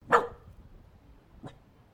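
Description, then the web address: Dog barking, one loud harsh bark followed after about a second by a second shorter, quieter bark. Mongrel dog of medium size, double bark. "Sound Effects-Foundation 1 ANIMAL DOG MONGREL MEDIUM BARK DOUBE"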